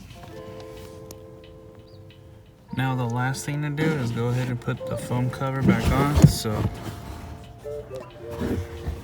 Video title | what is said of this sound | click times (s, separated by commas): VW Cabin Filter #DIY #POV Install With Music | and you hear you'll hear a little click and that's when you know it's in | 1.1 s